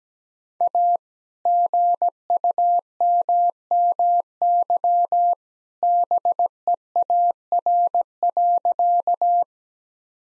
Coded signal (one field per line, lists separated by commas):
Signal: Morse code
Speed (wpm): 17 wpm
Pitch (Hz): 700 Hz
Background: none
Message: A GUMMY BEAR.